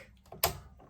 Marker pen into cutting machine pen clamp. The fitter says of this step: put your pen in there but you want to actually push it down until you hear it click